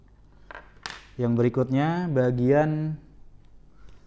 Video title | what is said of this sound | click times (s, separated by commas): DIY - Ganti Speaker Macbook Pro Retina - Mid 2015 (A1398) - Tutorial | Sampai bunyi klik gitu yang | 0.9 s